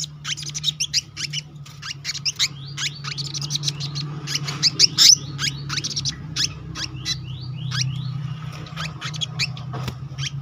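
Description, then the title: Selendang biru pouring out a dense run of high chirps and slurred whistles over a constant low droning hum that runs throughout. Continuous rolling song with fill-in phrases, described in Indonesian as gacor ngeroll isian. "BURUNG SELENDANG BIRU GACOR NGEROLL ISIAN"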